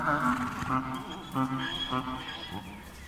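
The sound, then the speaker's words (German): A mule, a cross between a mare and a donkey, that has left its herd calls out from the far end of a gravel yard, a series of loud, wavering, mournful cries rising and falling in pitch in uneven bursts. “Ein Ausgestoßener entfernt sich von der Herde und stößt vom anderen Ende des Kiesplatzes einen wehmütigen Schrei aus.”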